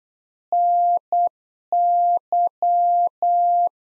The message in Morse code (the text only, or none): NY